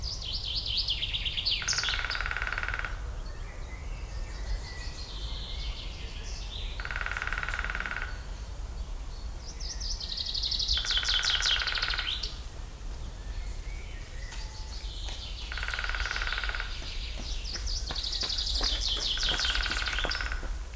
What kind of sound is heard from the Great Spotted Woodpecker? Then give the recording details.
drumming. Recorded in the wild. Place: Liepnitzsee, Brandenburg, DE. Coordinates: 52.75, 13.51. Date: 1995-05-06 19:50. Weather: heiter, 18°C. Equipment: Marantz CP 430, Sennheiser ME 80, Kopie Uher 4000 Report Monitor. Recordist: Tembrock, Günter